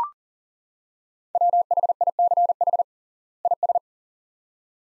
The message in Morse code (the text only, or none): WHICH IS